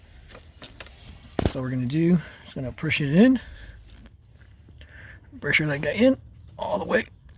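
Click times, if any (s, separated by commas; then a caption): none. Someone talks while the plastic EVAP purge hose quick-connector on a 2017 Dodge Durango RT is pushed toward the purge control valve fitting, with only faint handling ticks between the words. Nothing has seated or clicked yet.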